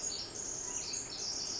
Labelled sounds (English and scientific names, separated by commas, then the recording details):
Pacific Wren (Troglodytes pacificus)
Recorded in Sonoma County, California